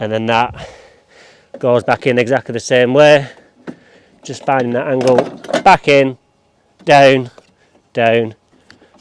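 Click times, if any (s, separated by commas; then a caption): 8.7 s. A removable part of a lawn mower, likely a roller or cutting cassette, is angled back into the mower frame and pushed down while someone talks. It clicks back into place and locks, with the click at 8.7 s.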